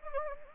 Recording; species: mosquito wingbeat signal from an infrared sensor; Anopheles gambiae